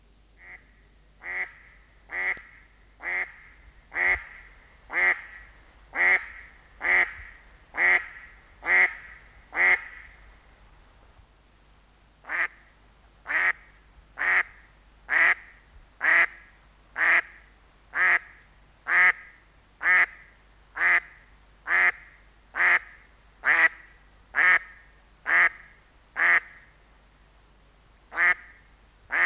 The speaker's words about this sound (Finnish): Sinisorsa koiraalla on melko vaatimaton ääni, kun taas naaras antaa kuulua quack, quack, quack hyvinkin äänekkäästi.